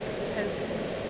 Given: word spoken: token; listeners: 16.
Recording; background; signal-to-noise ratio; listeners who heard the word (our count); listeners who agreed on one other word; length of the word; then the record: one English word in noise, from a listening test; speech-shaped noise; -5.2 dB; 1 of 16; 7 of 16; 0.70 s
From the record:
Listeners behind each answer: 7, 2, 2, 1, 1, 1, 1, 1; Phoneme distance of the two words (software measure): 27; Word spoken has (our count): 2 syllables, 5 phonemes, stress on syllable 1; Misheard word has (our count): 2 syllables, 4 phonemes, stress on syllable 1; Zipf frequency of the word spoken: 3.54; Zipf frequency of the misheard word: 4.97